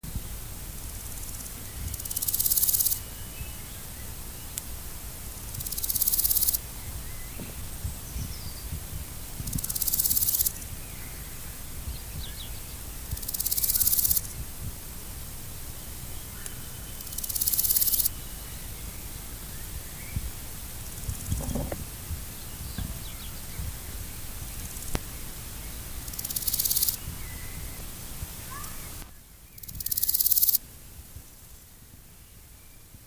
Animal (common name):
Large Gold Grasshopper